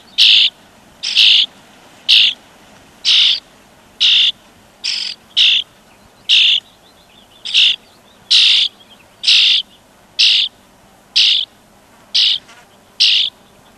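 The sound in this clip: European starling: a long run of short, rasping, buzzy shrieks, evenly repeated a little faster than once per second, with nothing else prominent.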